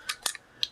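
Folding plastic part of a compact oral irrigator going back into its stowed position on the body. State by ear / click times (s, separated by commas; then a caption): seated / 0.6 s. The folding plastic part of a Sunavo compact oral irrigator is reversed and pushed back into its stowed position on the body, with a few light plastic handling ticks near 0.1, 0.3 and 0.4 seconds. A sharp, bright click at 0.6 seconds marks the part snapping back into place, seated.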